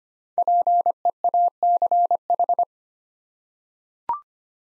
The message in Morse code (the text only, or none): PEACH